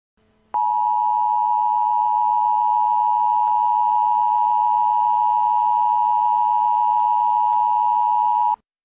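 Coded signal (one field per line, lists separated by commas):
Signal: Emergency Alert System (SAME) tones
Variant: 853 and 960 Hz attention tone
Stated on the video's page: Simulated Emergency Action Notification alert; a mock, not a real broadcast.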